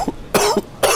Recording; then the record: coughing mixed with background sound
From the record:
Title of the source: Coughing 79